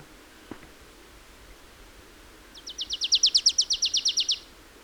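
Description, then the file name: Marsh tit call series: after a single click, a fast run of many high, downslurred notes that builds in loudness, then eases off. "Poecile palustris"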